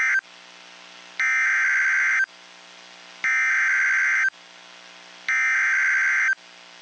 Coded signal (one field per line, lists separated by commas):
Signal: Emergency Alert System (SAME) tones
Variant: header bursts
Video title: TN Double Header EAS #526-527 (3/31/23)